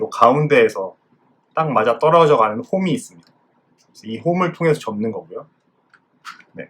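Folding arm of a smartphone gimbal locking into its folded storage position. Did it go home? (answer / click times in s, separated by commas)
yes / 6.6 s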